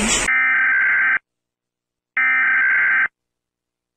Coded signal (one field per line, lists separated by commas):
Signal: Emergency Alert System (SAME) tones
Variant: header bursts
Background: speech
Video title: I Got An EAS Alert For Extreme Rapid Rainfall! | Weather Update vlog